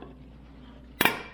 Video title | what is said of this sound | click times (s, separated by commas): Installing a k&N air filter | Snaps right in there. | 1.0 s, 1.1 s